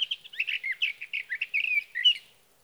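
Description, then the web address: Sage thrasher giving a short burst of quick, burry warbled notes that fades out after two seconds. "birdsongforthecurious Sage Thrasher"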